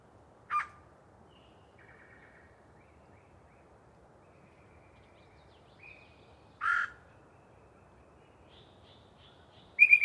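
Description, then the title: Yellow-breasted chat singing in separate bursts: sharp harsh notes several seconds apart, with faint buzzy and whistled phrases in the gaps. Long pre-dawn singing session by one particularly chatty bird in deciduous cover. "A Very Chatty Yellow-breasted Chat"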